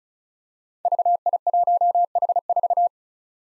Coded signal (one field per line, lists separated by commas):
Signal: Morse code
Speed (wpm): 36 wpm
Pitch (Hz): 700 Hz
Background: none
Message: VI1H4